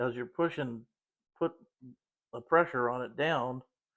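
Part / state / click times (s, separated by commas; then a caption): thumb safety into 1911 pistol frame / not seated / none. A thumb safety is pushed down into a 1911 pistol frame while a small tool holds back the plunger spring, and someone talks throughout. The safety has not seated or clicked into place yet.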